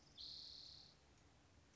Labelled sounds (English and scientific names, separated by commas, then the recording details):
Spotted Towhee (Pipilo maculatus)
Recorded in Sonoma County, California